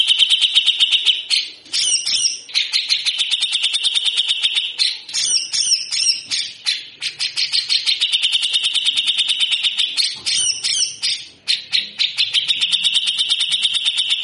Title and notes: MASTERAN CUCAK JENGGOT GACOR FULL BESETAN KASAR DURASI PANJANG. Burung cucak jenggot